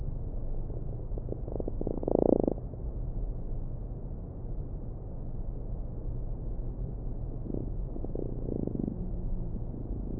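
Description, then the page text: Fruit fly courtship song: a brief buzzy burst with scattered soft pulses early on, then another faint pulse train near the end, all over constant low-pitched background hum. Male courtship song used to attract females during the mating ritual; recorded for neurobiology research at Vienna's Research Institute of Molecular Pathology, Austria, published February 2011. "The love song of a fly. Research Institute of Molecular Pathology (IMP)"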